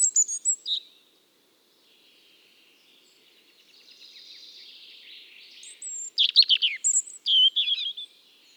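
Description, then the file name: European robin song: a brief high whistled phrase, a long faint thin warble, then a louder burst of sharp descending notes and a clear high whistle. "Erithacus rubecula"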